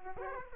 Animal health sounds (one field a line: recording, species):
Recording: mosquito wingbeat signal from an infrared sensor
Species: Aedes aegypti